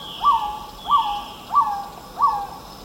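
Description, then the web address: Black-tailed Trogon repeating a short hollow note four times, evenly paced. Recorded in the eastern lowlands of South America. "Natures Songs S America Eastern Lowlands Black-tailed Trogon"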